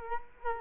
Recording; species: mosquito wingbeat signal from an infrared sensor; Culex quinquefasciatus